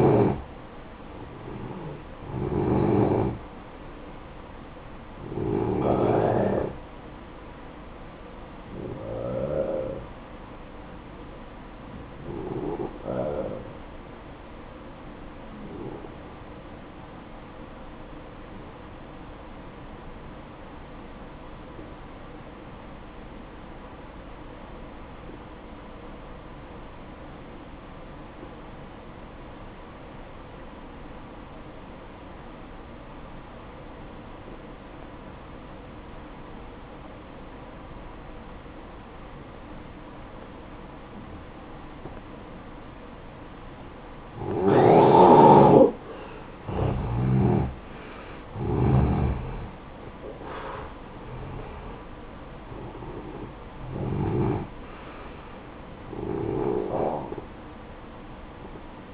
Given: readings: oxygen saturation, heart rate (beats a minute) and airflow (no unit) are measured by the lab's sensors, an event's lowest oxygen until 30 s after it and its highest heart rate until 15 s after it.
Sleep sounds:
breathing in sleep by a voice recorder at the bedside; 1
19.00-41.50 s: obstructive apnea (N1, oxygen 95% highest, then 86% lowest, heart rate 57 at the start, 73 highest)
26.00-56.00 s: new sleep stage, N2 (light sleep)
56.00-59.14 s: new sleep stage, N1 (lightest sleep)
From the record:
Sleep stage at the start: N1 (lightest sleep); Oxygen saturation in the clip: 87 to 95%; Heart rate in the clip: 54 to 73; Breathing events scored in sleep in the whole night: 573 in 9.8 hours asleep

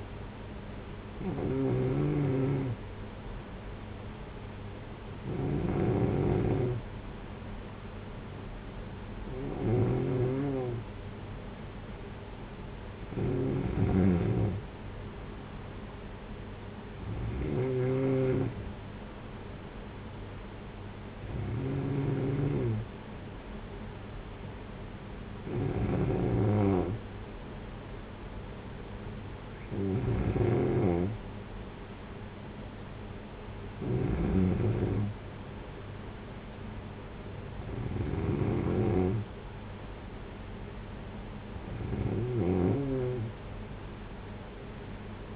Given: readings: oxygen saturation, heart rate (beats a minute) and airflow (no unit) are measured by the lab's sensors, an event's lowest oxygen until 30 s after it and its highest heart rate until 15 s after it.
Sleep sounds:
breathing in sleep by a voice recorder at the bedside; none
none scored
From the record:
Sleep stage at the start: N2 (light sleep); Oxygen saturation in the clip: 93 to 94%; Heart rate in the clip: 54 to 58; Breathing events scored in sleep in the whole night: 226 in 8.8 hours asleep

